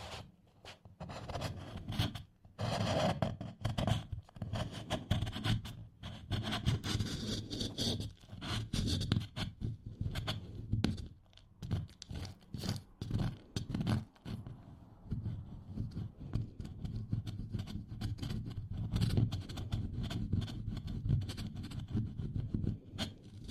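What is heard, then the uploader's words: Candle wax is scraped off in repeated short, rough strokes that come fast and fairly regularly through all 24 seconds. Each scratch is gritty and full, weighted toward the low end with a crisp top, separated by brief silent gaps. TimASMR-Scraping Off Candle Wax Satisfying Scratching Sounds.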